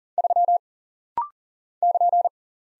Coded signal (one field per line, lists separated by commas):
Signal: Morse code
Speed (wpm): 39 wpm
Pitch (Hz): 700 Hz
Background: none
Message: 3 <KN>